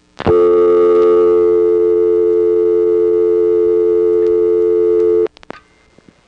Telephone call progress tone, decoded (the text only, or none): dial tone